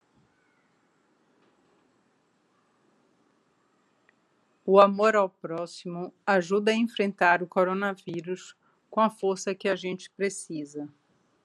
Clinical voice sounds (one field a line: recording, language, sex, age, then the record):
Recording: spoken sentence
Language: Brazilian Portuguese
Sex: female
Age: 40 to 49 years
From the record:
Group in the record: control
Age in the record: 48 years